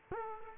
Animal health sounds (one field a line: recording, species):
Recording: mosquito wingbeat signal from an infrared sensor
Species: Culex quinquefasciatus